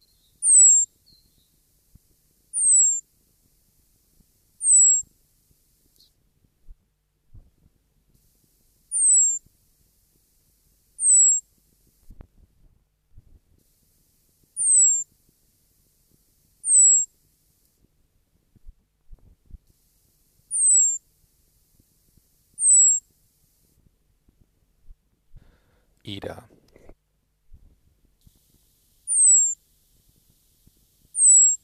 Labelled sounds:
Common Blackbird call
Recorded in the wild
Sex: male
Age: adult
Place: Garmisch-Partenkirchen, Bayern, DE
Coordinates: 47.4931, 11.0725
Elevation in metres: 711
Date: 1971-04-09
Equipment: Nagra IV, Sennheiser MKH 405, Parabolreflektor
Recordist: Tretzel, Erwin

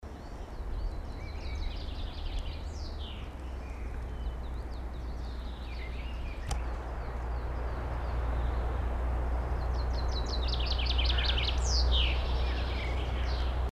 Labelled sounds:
Common Chaffinch song
Coal Tit
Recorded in the wild
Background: Periparus ater
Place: Garmisch-Partenkirchen, Bayern, DE
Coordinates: 47.4931, 11.0633
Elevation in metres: 784
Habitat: mountains
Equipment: Uher 4000, Sennheiser MKH 415 T
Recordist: Tretzel, Erwin
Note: März 1980, Almhütte, Garmisch-Partenkirchen: Gesang

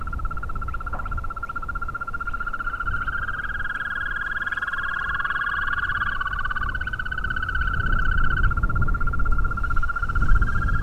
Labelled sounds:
Green Toad
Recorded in the wild
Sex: male
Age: adult
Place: Falkenberger Rieselfelder, Barnim, Berlin, DE
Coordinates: 52.5828, 13.5461
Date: 1995-04-30 22:15
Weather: bedeckt, ca. 10°C, schwacher bis mäßiger Wind
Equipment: Sony TCD-D3, Sennheiser ME 80, K 30 AV (III), Windschutz
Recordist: Frommolt, Karl-Heinz

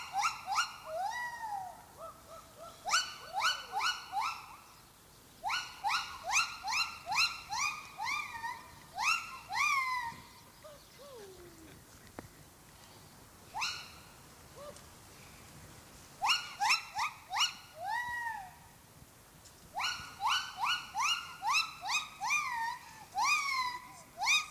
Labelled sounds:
Silvery Javan Gibbon
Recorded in captivity
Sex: male
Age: adult
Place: Münchner Tierpark Hellabrunn, Bayern, DE
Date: 2003-12-06 12:05
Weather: Regen, ca. 2°C
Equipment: Fair Mate ST-1328 (Asahi Electronics, Japan), Sennheiser ME 80, Kopie Uher 4000 Report Monitor
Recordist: Tembrock, Günter

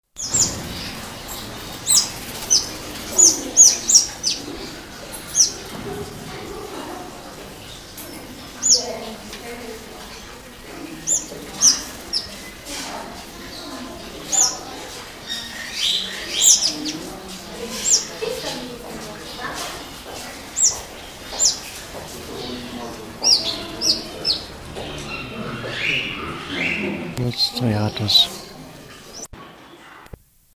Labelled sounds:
Speckled Mousebird call
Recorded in captivity
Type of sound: call
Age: adult
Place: Zoo Berlin, Berlin, DE
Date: 2000-08-29 11:36
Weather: heiter, 21°C
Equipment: Nagra SN, Kopie Uher 4000 Report Monitor
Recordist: Tembrock, Günter
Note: Zwei Tiere: helle Laute (Entfernung ca. 5 m)

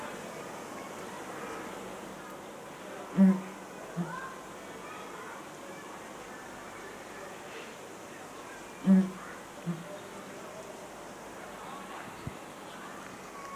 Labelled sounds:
Abyssinian Ground Hornbill call
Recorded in captivity
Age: adult
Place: Zoo Berlin, Berlin, DE
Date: 2004-09-17 17:37
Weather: sonnig, 19°C
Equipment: Sony WM-D6C, Sennheiser ME 80, Kopie Uher 4000 Report Monitor
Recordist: Tembrock, Günter
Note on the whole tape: Zweisilbige Laute (aufgebaumt)

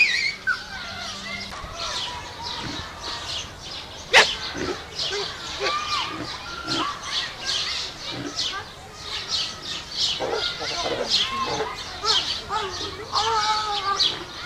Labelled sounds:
Collared Peccary call
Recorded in captivity
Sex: female
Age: adult
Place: Zoo Berlin, Berlin, DE
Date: 1986-05-23 11:24
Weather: sunny, 15°C
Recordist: Tembrock, Günter
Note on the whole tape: Weißbandpecari - Weibchen: diverse Laute

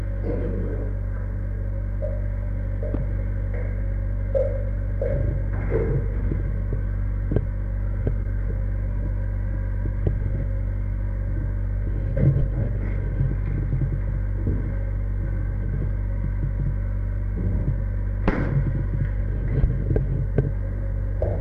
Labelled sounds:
Chimpanzee
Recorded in captivity
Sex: diverse
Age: adult
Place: Tierpark Berlin, Berlin, DE
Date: 1961-01-18
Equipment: Smaragd
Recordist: Korde and Stein
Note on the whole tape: Schreien; Orang: Schnalzen; Monika: als Elefanten vorbeikamen; Orang: Schnalzen, Röhren (als Elefanten vorbeikamen); Susi: Heulen, Gitterrütteln (Berufspraktikum-Protokoll)

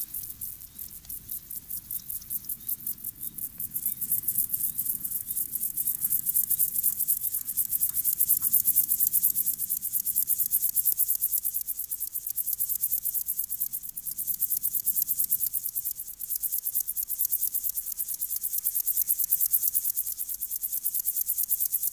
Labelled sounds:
Upland Field Grasshopper stridulation
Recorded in the wild
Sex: male
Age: imago
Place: Berlin, OT Blankenfelde, Berlin, DE
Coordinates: 52.625, 13.3917
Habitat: field path
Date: 1983-08-27 11:24
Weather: sunny, 20°C
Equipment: Nagra SN (Automatic), Sennheiser MKH 416 T, Kopie Uher 4000 Report Monitor
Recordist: Tembrock, Günter

